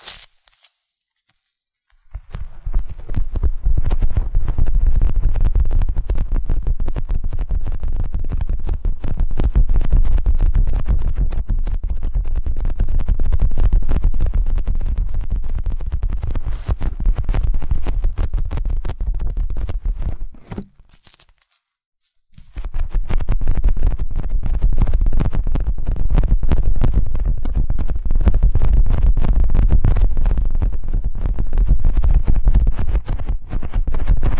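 Ear cleaning massage: dense, rapid rubbing and scratching with low rumble, silent at the start and briefly pausing around twenty-one seconds.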